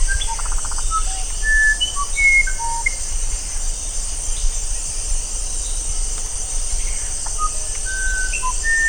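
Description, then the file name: Musician wren song: clear, pure whistled notes at shifting pitches, spaced irregularly, with a few short rattling note bursts, over a steady high insect drone and low rumble. "strzyżoń muzykalny"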